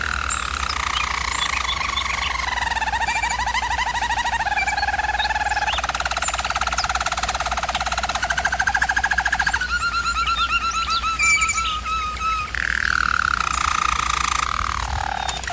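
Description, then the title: German Roller canary delivering a long, unbroken rolling song, its tours shifting up and down in pitch, over a steady faint hum. German Roller canary singing; recording made for canary song training. "German Roller Canary Singing - Canary Training Vid"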